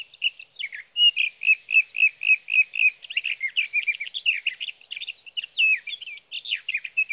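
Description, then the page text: Sage thrasher song with a run of about eight evenly repeated whistled notes, followed by a rapid jumbled warble of varied scratchy and sweet phrases. Male singing through the night near his night roost, evening of June 12 to morning of June 15, 2018, Sierra Valley, California; Swift recorder. "61. Sage thrasher songs, through the night."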